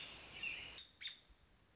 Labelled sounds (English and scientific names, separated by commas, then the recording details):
American Robin (Turdus migratorius)
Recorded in Sonoma County, California